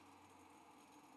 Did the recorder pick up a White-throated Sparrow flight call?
no